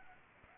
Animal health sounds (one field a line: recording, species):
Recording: mosquito wingbeat signal from an infrared sensor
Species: Aedes aegypti